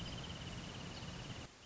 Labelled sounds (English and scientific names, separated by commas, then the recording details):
Wrentit (Chamaea fasciata)
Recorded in Sonoma County, California